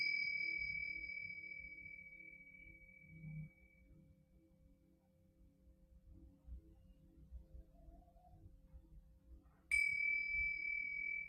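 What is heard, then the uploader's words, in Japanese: A singing bowl rings with a bright, pure tone that slowly fades over four seconds, then is struck again sharply near ten seconds, with soft low murmuring underneath. シンギングボウルのサウンドヒーリングライブ。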